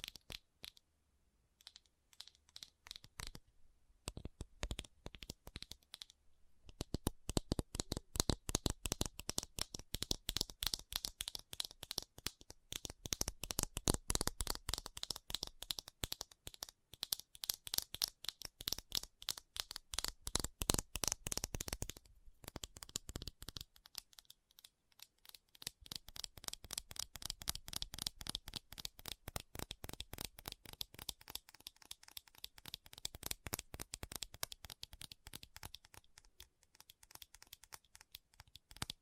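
Fast tapping in rapid, crisp bursts that run nearly nonstop, with a few brief pauses around 4, 7 and 24 seconds.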